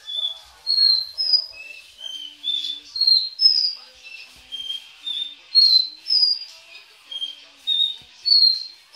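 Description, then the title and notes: Belgian canary singing many clear whistled notes at varying pitches, with short gaps between them. "Canario Belga"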